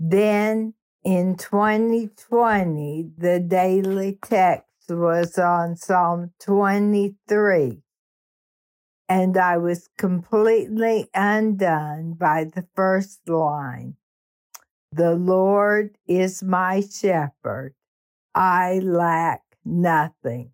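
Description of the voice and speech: Adult woman with ALS, diagnosed in May 2019, reading aloud with dysarthria; she is losing the abilities of singing and talking. Speech is slow with frequent long pauses and drawn-out sounds.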